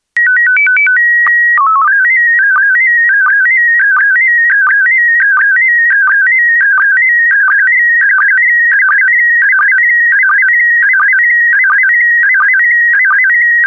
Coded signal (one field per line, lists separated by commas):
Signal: SSTV (slow-scan television)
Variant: PD 90